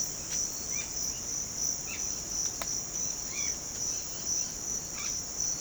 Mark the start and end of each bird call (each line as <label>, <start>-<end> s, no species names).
bird call, 0.62-5.09 s